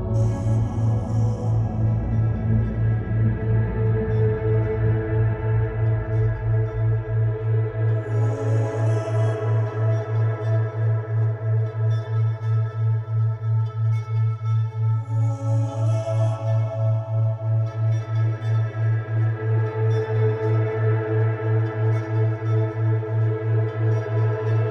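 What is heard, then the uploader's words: A Delta Wave binaural beat drone pulses low and steady, with shimmering bowl-like tones swelling overhead and airy bright washes around 1, 8 and 15 seconds. A duet between a Delta Wave binaural beat.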